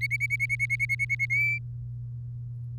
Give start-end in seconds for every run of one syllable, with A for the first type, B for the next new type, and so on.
0.01-1.25 A, 1.30-1.58 B